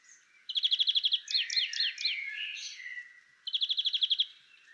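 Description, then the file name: European greenfinch gives a rapid chip trill, then slurred falling notes, ending with another even trill. "Chloris chloris"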